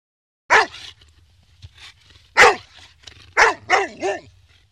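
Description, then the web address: Dog barking: loud barks, a single bark, then another, then a quick run of three, with quiet gaps between them. Large dog, barking in different variants. "diferentes variantes del sonido del ladrido de un perro grande"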